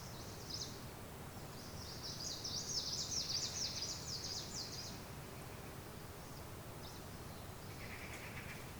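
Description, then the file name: Birds twitter in a bright, fast chirping burst lasting a few seconds, followed by sparse faint chirps and a short lower note near the end. Mountain ambience in Asia with birds. "Ambience of the Asian mountains with birds"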